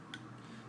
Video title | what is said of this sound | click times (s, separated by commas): SUPER Cheap Fragrances That Smell Much More Expensive! | Doesn't click, but it does hold. | 0.1 s